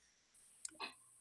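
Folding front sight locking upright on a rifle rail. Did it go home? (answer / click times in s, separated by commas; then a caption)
yes / 0.7 s. A low-profile folding front sight on an AR upper's rifle rail is flipped up until its spring plunger locks it upright, giving a single sharp click at 0.7 s, followed by a softer rustling burst around 0.8 s. The sight has a little play but does lock into place.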